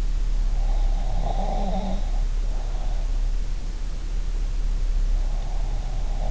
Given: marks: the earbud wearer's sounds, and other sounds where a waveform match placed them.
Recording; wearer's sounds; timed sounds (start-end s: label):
sounds in sleep by an in-ear microphone; snoring breath
0.94-2.96 s: snoring breath